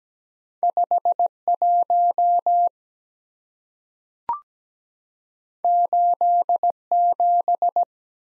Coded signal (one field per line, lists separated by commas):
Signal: Morse code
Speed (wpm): 17 wpm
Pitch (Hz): 700 Hz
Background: none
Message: 51 87